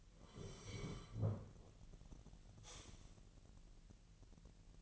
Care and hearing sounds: daily activity, microphone in the room; sit down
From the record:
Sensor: 4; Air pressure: 1002.8 hPa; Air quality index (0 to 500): 250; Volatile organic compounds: 30 ppm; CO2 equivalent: 2960 ppm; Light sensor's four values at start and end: 10/22/9/9 and 10/22/9/9

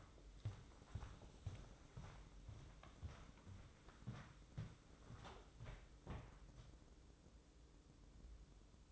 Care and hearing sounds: daily activity, microphone in the room; walk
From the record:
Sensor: 3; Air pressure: 995.9 hPa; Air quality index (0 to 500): 248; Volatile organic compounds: 1000 ppm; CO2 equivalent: 6358 ppm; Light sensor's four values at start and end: 40/98/42/46 and 43/104/45/49

